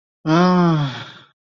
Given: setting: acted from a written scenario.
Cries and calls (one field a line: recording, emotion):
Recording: vocal sound without words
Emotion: relief